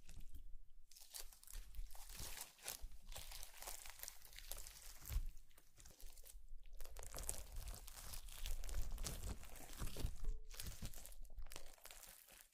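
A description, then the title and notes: Slime being squeezed and worked makes a near-continuous run of wet crackling, crinkling and squelching, dense and uneven. Brief quiet gaps break it near the start, around six seconds and just after ten seconds, and the texture stays bright throughout. Slime Sounds.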